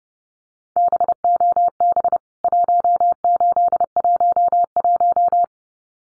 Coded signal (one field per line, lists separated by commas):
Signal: Morse code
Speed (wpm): 30 wpm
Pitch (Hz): 700 Hz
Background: none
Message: BOB 1811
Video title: CWT Exchange 30wpm